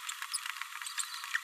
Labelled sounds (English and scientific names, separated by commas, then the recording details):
Green-rumped Parrotlet (Forpus passerinus) babbling
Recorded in a nest box in Venezuela
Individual 18B104A3